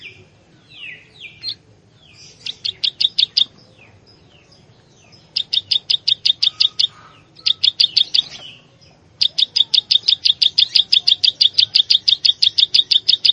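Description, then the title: Plain Prinia song: bursts of rapid, buzzy ticking notes, about three per second, broken by short pauses, then a long steady run near the end. "Ciblek Sawah"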